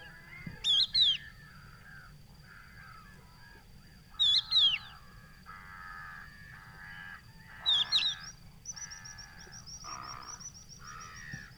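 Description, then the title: Crested lark calls, plaintive whistled notes slurring down, given three times roughly every three and a half seconds over harsher, nasal calls from other birds. Adult calling to others, hidden in Camargue salt-marsh at Étang du Vaccarès, 5 September 2020, about an hour after sunrise; whistled, plaintive call; Nagra Seven with Telinga Pro7. "COCHEVIS DU VACCARES"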